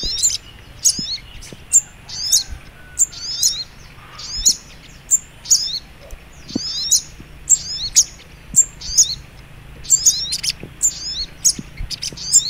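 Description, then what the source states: Little Spiderhunter song: rapid high chirping phrases, each a sharp note with a falling trill, repeated steadily, plus a faint low hum. Training recording (masteran).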